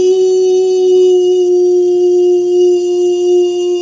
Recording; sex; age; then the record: sustained vowel /i/; female; 50 to 59 years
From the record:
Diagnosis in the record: amyotrophic lateral sclerosis, bulbar onset 33 months earlier, bulbar signs present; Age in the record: 55 years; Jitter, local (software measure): 0.30%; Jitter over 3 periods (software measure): 0.19%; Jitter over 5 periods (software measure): 0.24%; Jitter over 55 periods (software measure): 0.31%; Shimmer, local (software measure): 2.2%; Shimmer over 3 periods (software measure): 1.1%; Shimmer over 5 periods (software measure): 1.5%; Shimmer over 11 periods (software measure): 1.6%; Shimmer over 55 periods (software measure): 5.6%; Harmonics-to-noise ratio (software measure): 27.3 dB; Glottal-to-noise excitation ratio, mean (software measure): 0.89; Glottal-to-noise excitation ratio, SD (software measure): 0.029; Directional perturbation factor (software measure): 49.1%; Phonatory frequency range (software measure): 0.26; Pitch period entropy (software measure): 1.60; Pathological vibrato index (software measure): 0.15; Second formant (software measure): 2889 Hz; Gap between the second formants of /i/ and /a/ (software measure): 1840 Hz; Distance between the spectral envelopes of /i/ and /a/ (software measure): 11.8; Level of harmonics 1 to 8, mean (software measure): -3.4, -29.4, -56.7, -68.5, -67.3, -67.3, -55.2, -35.1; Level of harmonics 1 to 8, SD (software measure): 2.0, 2.5, 7.4, 5.9, 5.9, 5.7, 8.8, 7.3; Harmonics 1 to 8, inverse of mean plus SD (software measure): 0.183, 0.031, 0.016, 0.013, 0.014, 0.014, 0.016, 0.024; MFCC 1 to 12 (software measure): -1.2, 10.1, -22.3, -15.3, -13.1, -16.4, -0.2, -8.4, 16.9, 16.9, 20.1, 10.1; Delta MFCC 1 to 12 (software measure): 0.007, -0.003, -0.007, 0.005, 0.018, -0.006, 0.012, -0.005, -0.001, -0.003, 0.005, 0.034